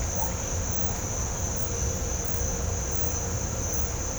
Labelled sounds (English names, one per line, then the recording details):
none
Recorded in pastures near Puerto Asís, Putumayo, Colombia, on 18 December 2024 at 06:30
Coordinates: 0.502, -76.324
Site G077